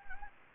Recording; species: mosquito wingbeat signal from an infrared sensor; Anopheles gambiae